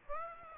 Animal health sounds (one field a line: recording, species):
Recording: mosquito wingbeat signal from an infrared sensor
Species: Aedes aegypti